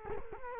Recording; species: mosquito wingbeat signal from an infrared sensor; Culex quinquefasciatus